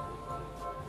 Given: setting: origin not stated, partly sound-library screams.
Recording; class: one-second piece from a danger detection set; woman in danger